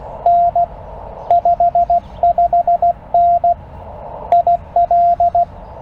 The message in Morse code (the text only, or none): N 55N IL